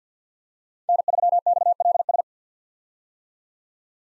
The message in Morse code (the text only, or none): N3XLS